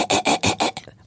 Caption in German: Bellhusten ist wirklich wie ein hustender Seehund. Und ganz oft hintereinander tatsächlich.